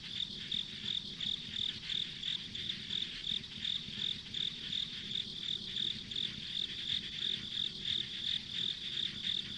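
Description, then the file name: Insects chirping in a rhythmic, high series near three pulses per second, steady buzzing chorus behind and a low, quiet rumble. Ambient insect sounds on a rural country road. "田舎道の虫の環境音"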